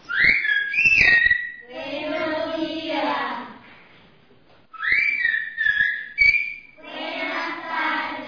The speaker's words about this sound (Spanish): El silbo es algo así como el español, pero silbado, y tiene la ventaja de que se puede escuchar hasta por 3 kilómetros de distancia.